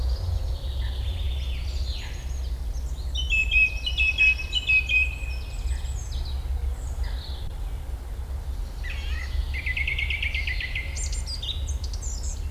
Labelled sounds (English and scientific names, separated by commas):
Song Thrush (Turdus philomelos) song